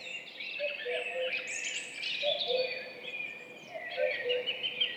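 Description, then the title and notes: Common cuckoo giving its low two-note cu-coo three times, each falling from the first note to the second, beneath a busy chorus of high chirping songbirds. Duet of two common cuckoos, spring dawn at 5:20, 14 May 2019, Piste aux espagnols, Val Maravel; stereo recording with Mixpre3 recorder and MKH8020 microphones. "Duo de coucou. 14 mai 2019-Piste aux espagnols - Val Maravel - 5h20-Mixpr3-mkh8020-stereo. Ici, un mémorable duo de deux coucous gris"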